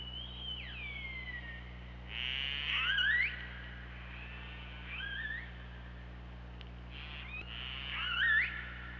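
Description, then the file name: Killer whale calls, several pulsed calls with rising and falling whistled sweeps in repeated bouts, set against steady low underwater hum. Recorded at OrcaLab on 24 August 2017. "Orca Lab UTLN JASON 20170824"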